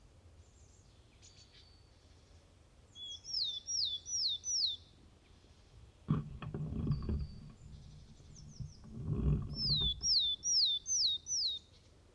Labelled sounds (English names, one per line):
Willow Tit song